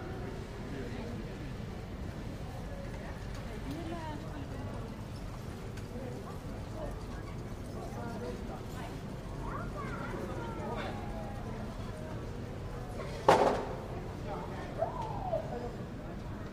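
A busy fruit market hums with overlapping voices, a steady murmur of chatter and calls that never lets up. Low rumble sits underneath throughout. Around thirteen seconds a sharp clatter or knock cuts through, with a couple of smaller knocks near fifteen seconds.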